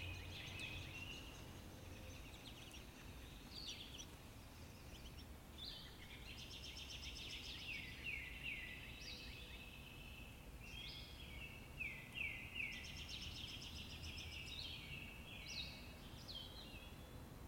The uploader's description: the peaceful sound of birds in the forest